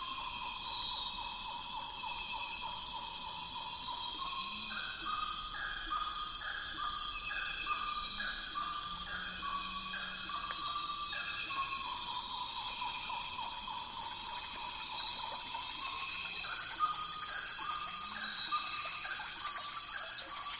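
A thick, unbroken chorus of high insect buzzing runs through the whole stretch. Over it, a call of short whistled notes climbs step by step in pitch, repeating every few seconds, with faint low hoots beneath and an even overall level.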